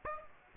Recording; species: mosquito wingbeat signal from an infrared sensor; Aedes aegypti